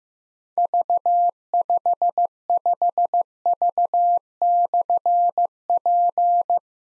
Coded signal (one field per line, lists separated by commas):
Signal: Morse code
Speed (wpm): 15 wpm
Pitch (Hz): 700 Hz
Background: none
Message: V55V/P